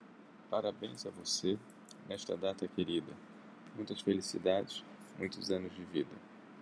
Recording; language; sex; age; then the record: short text; Brazilian Portuguese; male; 50 to 59 years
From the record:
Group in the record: control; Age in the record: 50 years